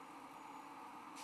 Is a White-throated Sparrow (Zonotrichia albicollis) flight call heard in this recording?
no